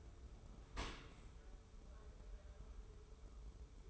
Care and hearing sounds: daily activity, microphone in the room; open dishwasher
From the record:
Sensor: 1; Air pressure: 1015.0 hPa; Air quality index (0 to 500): 25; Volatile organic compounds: 0 ppm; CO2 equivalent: 500 ppm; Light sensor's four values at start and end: 13/30/12/13 and 13/30/12/13

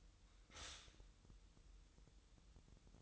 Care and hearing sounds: daily activity, microphone in the room; stop toaster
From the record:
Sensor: 3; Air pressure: 988.5 hPa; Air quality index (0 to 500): 194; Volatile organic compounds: 288 ppm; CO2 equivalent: 4455 ppm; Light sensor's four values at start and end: 23/72/30/26 and 23/72/30/26

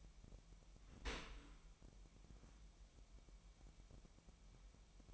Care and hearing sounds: daily activity, microphone in the room; open dishwasher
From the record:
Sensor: 1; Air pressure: 998.4 hPa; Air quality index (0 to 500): 138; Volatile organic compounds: 4 ppm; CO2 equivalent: 1651 ppm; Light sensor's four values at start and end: 16/55/22/22 and 16/55/22/22

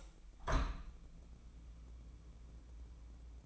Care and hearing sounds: daily activity, microphone in the room; open window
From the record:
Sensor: 1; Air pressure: 1012.4 hPa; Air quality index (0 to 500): 166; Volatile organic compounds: 3 ppm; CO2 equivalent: 1352 ppm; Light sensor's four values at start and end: 152/340/151/160 and 143/319/142/150

